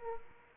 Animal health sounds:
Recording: mosquito wingbeat signal from an infrared sensor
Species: Aedes aegypti

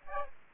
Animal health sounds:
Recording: mosquito wingbeat signal from an infrared sensor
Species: Aedes aegypti

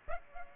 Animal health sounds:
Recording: mosquito wingbeat signal from an infrared sensor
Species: Aedes aegypti

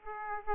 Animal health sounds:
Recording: mosquito wingbeat signal from an infrared sensor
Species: Aedes aegypti

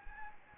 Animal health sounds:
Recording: mosquito wingbeat signal from an infrared sensor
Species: Anopheles gambiae

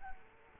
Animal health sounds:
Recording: mosquito wingbeat signal from an infrared sensor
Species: Culex quinquefasciatus

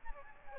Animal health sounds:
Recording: mosquito wingbeat signal from an infrared sensor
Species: Aedes albopictus

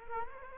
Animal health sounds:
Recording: mosquito wingbeat signal from an infrared sensor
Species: Culex quinquefasciatus

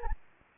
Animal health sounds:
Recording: mosquito wingbeat signal from an infrared sensor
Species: Anopheles gambiae

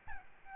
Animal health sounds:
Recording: mosquito wingbeat signal from an infrared sensor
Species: Aedes albopictus

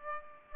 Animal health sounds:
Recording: mosquito wingbeat signal from an infrared sensor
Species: Aedes aegypti

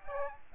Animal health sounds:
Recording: mosquito wingbeat signal from an infrared sensor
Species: Aedes aegypti

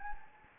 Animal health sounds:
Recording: mosquito wingbeat signal from an infrared sensor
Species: Anopheles gambiae

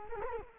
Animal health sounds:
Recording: mosquito wingbeat signal from an infrared sensor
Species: Culex quinquefasciatus

